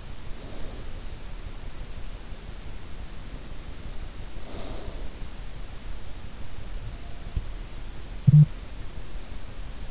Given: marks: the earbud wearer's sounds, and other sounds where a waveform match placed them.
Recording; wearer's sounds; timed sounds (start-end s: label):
sounds in sleep by an in-ear microphone; snoring breath
0.00-1.00 s: snoring breath
4.29-4.94 s: snoring breath